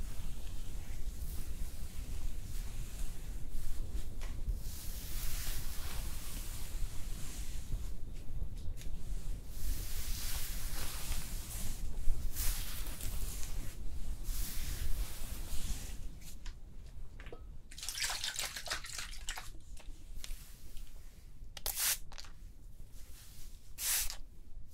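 Hair being brushed and styled with steady bristly strokes, a low hiss throughout, and bright sharp swishes clustering near the end.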